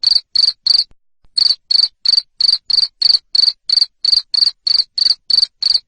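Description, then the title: Cricket chirps, sharp high trilled bursts about three a second, pausing briefly near the one-second mark before resuming steadily. Loud cricket chirping used to stimulate lovebirds to keep singing. "Suara JANGKRIK NGERIK Keras Bikin LOVEBIRD Jadi NGEKEK Terus Vubey"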